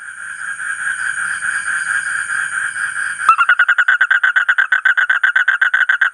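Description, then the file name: Asian common toad: a smooth, blended buzz for about three seconds, then breaking into quick, distinct harsh pulses. "suara kodok bangkong kolong kodok buduk"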